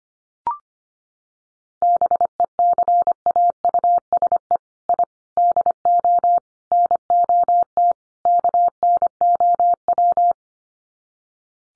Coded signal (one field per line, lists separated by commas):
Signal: Morse code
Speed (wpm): 25 wpm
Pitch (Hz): 700 Hz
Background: none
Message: BECAUSE I DO NOT KNOW